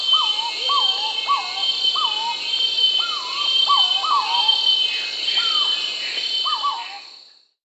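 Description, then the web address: Purple-throated fruitcrow calls: mellow, whistled hooting notes that rise then fall, given in an irregular series over a steady high insect drone, fading at the end. Amazon, Peru. "Birds of the Amazon 3. Purple-throated Fruitcrow (Querula purpurata), Peru"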